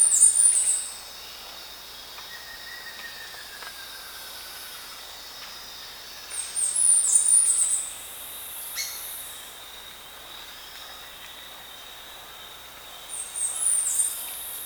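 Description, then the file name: Bird calls in three short bursts of very high, thin, twittering notes, spaced about six seconds apart, over a constant high background hiss. "SABIOD 50 bird 2015"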